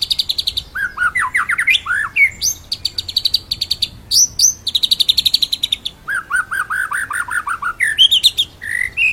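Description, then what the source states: White-rumped shama song, continuous and rich: fast rising whistled note series alternating with high buzzy trills. Masteran, a training song played for songbirds to learn; full rolling song with shooting phrases.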